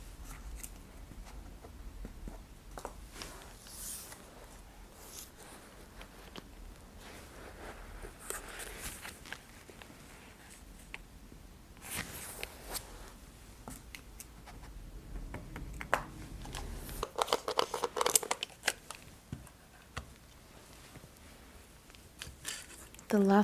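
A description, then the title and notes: Crinkly handling sounds and the clicks and scrapes of small tools fill the recording, arriving in irregular bursts with short quiet gaps. A denser, brighter rustling swells around the twelve- and seventeen-second marks, and a sharp tonal snap ends the sequence. ASMR — Naturopathic Foot Exam with Point Therapy. Lots of crinkly sounds and fun tools in this episode.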